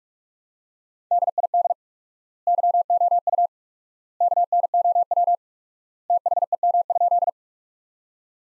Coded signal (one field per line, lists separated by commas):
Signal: Morse code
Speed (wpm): 46 wpm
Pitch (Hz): 700 Hz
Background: none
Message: DID YOU KNOW THEM?